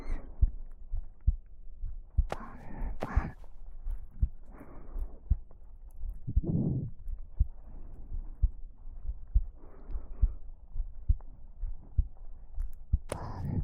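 Steady, soft low heartbeat thumps repeat about once a second, roughly 60 beats a minute, in an even rhythm. Cloth rustling and gentle patting sounds, as of someone being patted to sleep, come and go over the beats.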